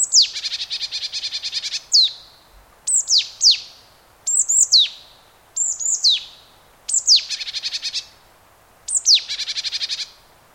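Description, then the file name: Marsh tit calls alternating between harsh, buzzy churring runs and crisp, high downward-sliding notes, often in pairs, repeated throughout. "Poecile palustris"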